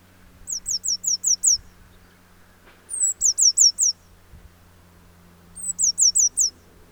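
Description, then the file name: Eurasian blue tit calling in three quick bursts, each a run of several thin, high, downslurred notes, some bursts opening with a longer sliding note, over a low steady hum. "Cyanistes caeruleus"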